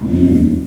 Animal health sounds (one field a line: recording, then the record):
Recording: squeal of a Yucatan mini pig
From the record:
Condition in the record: after surgery on the right vocal fold (resection and tissue-engineered implant)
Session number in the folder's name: 4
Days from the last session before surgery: 26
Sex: female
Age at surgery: 19 weeks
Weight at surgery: 25 kg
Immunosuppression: prednisolone